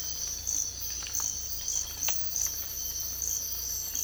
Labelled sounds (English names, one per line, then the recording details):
none
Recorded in dense forest near Puerto Asís, Putumayo, Colombia, on 18 December 2024 at 05:30
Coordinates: 0.484, -76.317
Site G026